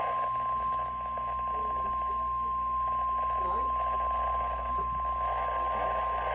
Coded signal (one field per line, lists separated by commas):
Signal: Emergency Alert System (SAME) tones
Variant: 1050 Hz attention tone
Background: speech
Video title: [EAS #115] BOX Required Weekly Test on KHB35 (10/08/25)